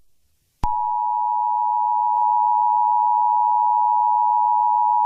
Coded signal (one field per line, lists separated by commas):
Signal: Emergency Alert System (SAME) tones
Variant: 853 and 960 Hz attention tone